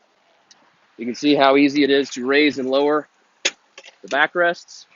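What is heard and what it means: Someone talks while raising and lowering the flip-up backrest on the bow seat of a 2020 Boston Whaler 240 Dauntless boat. A sharp knock sounds at 3.5 s and a softer one at 3.8 s as the backrest is handled. Nothing has locked into place yet.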